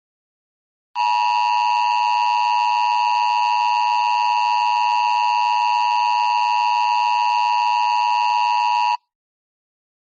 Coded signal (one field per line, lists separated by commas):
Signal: Emergency Alert System (SAME) tones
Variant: 853 and 960 Hz attention tone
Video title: EAS Scenario #4x01: Herobrine